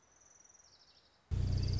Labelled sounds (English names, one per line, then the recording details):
Orange-crowned Warbler
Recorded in Sonoma County, California